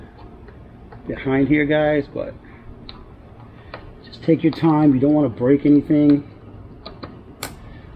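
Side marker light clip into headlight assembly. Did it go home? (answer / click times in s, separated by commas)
yes / 7.4 s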